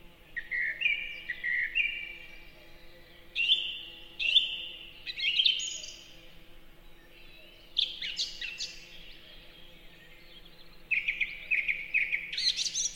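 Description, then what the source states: Song thrush singing varied phrases, each short motif repeated two or three times: clear whistles, sharp trills and high scratchy notes, with brief pauses between bursts. Sung in a forest in spring.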